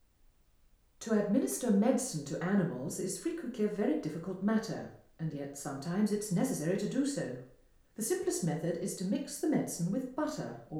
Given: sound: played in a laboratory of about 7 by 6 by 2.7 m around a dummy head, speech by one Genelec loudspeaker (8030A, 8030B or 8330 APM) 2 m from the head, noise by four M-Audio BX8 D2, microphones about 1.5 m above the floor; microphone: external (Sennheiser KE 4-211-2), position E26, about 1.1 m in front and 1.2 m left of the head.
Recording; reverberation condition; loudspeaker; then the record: female speech in English; medium; in front (0 degrees)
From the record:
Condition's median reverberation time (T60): about 510 ms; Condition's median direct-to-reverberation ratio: about -0.5 dB